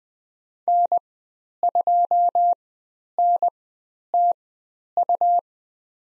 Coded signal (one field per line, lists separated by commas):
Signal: Morse code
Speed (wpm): 20 wpm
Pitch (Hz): 700 Hz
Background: none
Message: N2NTU